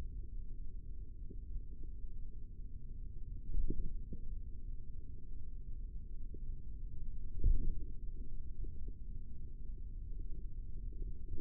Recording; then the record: forearm muscle sounds (acoustic myography)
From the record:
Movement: tripod grip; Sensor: system 3, bracelet of six PUI Audio POM-2738L microphones around the upper forearm, with dedicated amplification and filtering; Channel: 6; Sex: male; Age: 43 years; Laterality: right